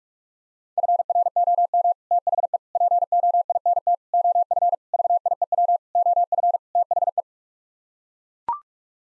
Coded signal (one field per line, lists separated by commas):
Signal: Morse code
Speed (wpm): 41 wpm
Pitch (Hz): 700 Hz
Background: none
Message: FROM THE POINT OF VIEW OF THE